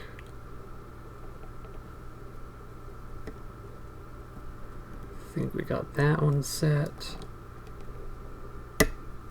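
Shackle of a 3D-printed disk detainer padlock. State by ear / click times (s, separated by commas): released / 8.8 s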